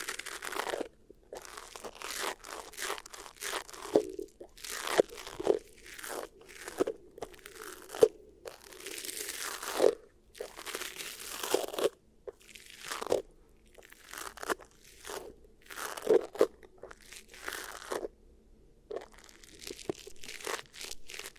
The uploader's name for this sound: Really Nice Beeswax Ear Triggers